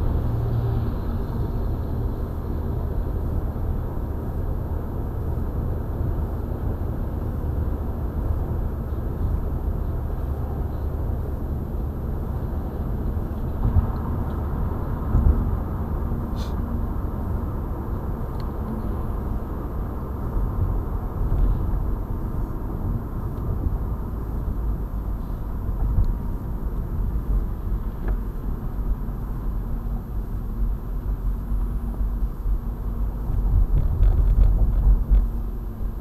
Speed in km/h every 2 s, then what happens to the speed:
90, 88, 88, 87, 85, 86, 84, 82, 80, 78, 76, 66, 53, 47, 41, 39, 37, 36.
0-36 slows to 36.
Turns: none.